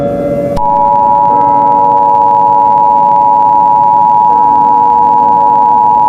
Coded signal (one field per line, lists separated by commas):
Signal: Emergency Alert System (SAME) tones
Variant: 853 and 960 Hz attention tone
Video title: EAS Scenario: When Lighting Strikes